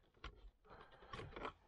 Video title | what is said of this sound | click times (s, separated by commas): Tips & Tricks 15 changing LED bulbs into interior light cluster | and pull it until you hear a click | 0.2 s